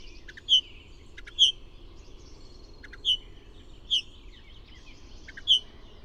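Bird calls: several single sharp, high notes at irregular intervals over a faint background hiss.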